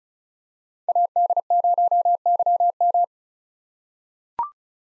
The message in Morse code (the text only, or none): AD0YM